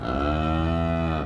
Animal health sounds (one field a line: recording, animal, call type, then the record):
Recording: contact call of a hoofed animal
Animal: cattle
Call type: low-frequency (closed-mouth) or high-frequency (open-mouth) call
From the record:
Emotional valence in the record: negative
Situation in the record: full separation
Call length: 1.26 s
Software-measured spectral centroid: 1250 Hz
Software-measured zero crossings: 1110 a second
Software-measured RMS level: -24 dBFS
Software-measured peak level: -13 dBFS